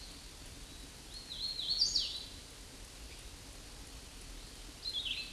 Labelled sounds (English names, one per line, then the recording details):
Hooded Warbler song
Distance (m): 30 m
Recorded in a Pennsylvania forest on 18 May 2023 at 09:33
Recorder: AudioMoth, point grid1_7_low
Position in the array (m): 180 m, 85 m